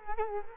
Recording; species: mosquito wingbeat signal from an infrared sensor; Culex quinquefasciatus